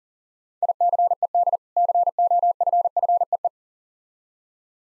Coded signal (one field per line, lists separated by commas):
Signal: Morse code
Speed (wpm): 40 wpm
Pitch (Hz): 700 Hz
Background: none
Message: ICED COFFEE